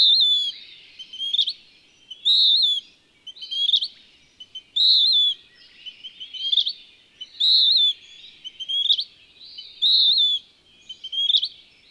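Bird singing a repeated two-part song, a bright wavering whistle then a rough twitter ending in a sharp upslur, several cycles in a regular rhythm.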